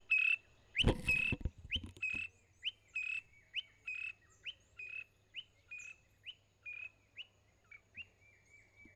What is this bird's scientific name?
Indicator indicator